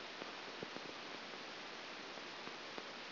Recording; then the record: brain microelectrode recording played as sound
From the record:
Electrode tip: outside the subthalamic nucleus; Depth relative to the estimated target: 4 mm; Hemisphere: right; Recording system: AlphaMap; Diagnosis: Parkinson's disease